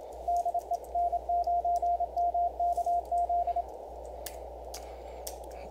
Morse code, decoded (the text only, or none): DE N9MKZ